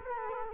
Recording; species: mosquito wingbeat signal from an infrared sensor; Culex quinquefasciatus